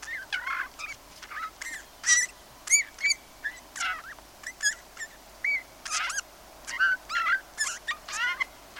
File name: Pyrrhula pyrrhula